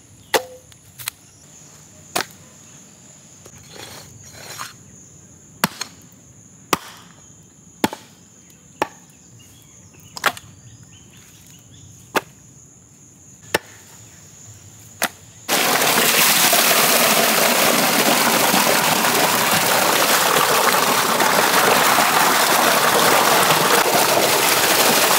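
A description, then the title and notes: Mutton bones being grilled for a village barbecue. For the first fifteen seconds, sharp crackles and pops come roughly every second over a quiet bed with a faint, thin high whine. Then a loud, dense, steady sizzling hiss abruptly takes over until the end. Lamb Ribs BBQ Cooking In Village. We first grill the mutton bones to get the flavour of smoky.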